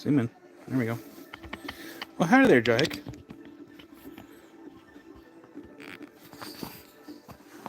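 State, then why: Not seated. Someone fits a phone or tablet into its stand mount for the camera view while someone talks over background music. Faint handling taps and knocks follow, but the device keeps moving and has not clicked into place yet.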